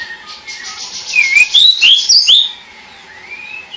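Bird song of sharp high whistled notes, several quick rising and falling slurs in a burst, then a softer drawn-out whistle near the end.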